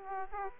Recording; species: mosquito wingbeat signal from an infrared sensor; Aedes aegypti